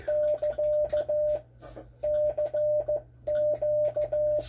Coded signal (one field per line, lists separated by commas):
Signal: Morse code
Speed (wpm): 15 wpm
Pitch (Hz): 600 Hz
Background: radio noise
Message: <KA> CQ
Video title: learning morse code the beginning.